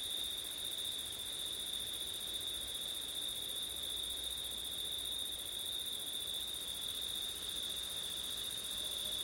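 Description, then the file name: Crickets sing a constant shrill trill that never breaks, a dense insect chorus at steady volume. Night recording in September with wind. "crickets wind september night ortif"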